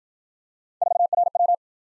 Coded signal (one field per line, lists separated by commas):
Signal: Morse code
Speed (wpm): 52 wpm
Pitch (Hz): 700 Hz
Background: none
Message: 4RW